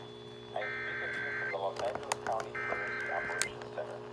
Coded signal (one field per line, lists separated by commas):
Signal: Emergency Alert System (SAME) tones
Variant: header bursts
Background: speech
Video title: Los Angeles Required Monthly Test EAS (#13-#25) 3/30/21